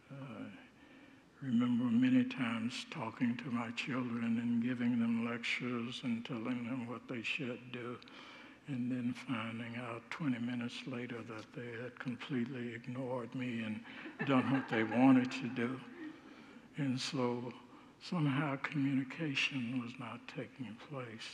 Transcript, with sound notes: I remember many times talking to my children and giving them lectures and telling them what they should do, and then finding out 20 minutes later that they had completely ignored me and done what they wanted to do. [Congregants laugh] And so, somehow communication was not taking place.